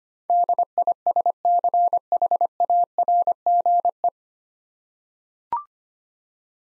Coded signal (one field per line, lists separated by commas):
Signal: Morse code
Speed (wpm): 25 wpm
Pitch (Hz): 700 Hz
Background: none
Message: DISCHARGE